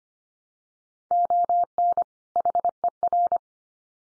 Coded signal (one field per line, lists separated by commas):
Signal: Morse code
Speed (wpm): 25 wpm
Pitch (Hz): 700 Hz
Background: none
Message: ON HER